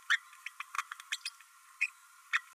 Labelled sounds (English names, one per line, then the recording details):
Green-rumped Parrotlet babbling
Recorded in a nest box in Venezuela
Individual 18B12A1